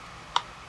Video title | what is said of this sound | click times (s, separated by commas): Thetford Cassette Toilet Repairs & Replacing Espar Diesel Heater | snap. Oh, did you hear that? I felt it. | 0.4 s